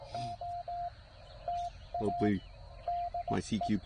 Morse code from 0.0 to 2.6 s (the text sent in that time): O TA